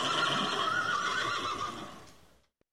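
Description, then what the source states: Horse whinny, a wavering neigh that trails off over two seconds into silence, followed by a single faint click. Entering a stable.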